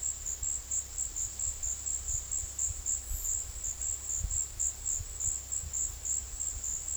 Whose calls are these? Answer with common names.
none